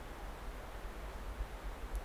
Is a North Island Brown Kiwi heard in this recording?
no